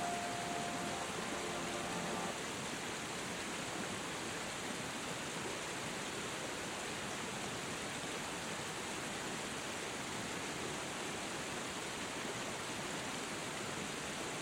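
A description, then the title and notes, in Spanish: A gentle waterfall pours in a steady, dense rush that spans from a low rumble to a bright hiss and holds an even level throughout. A faint, soft musical tone sounds in the first two seconds, then disappears beneath the water. Una CASCADA Apacible y una MÚSICA Suave. El murmullo apacible de una cascada se entrelaza con la dulzura de una melodía envolvente.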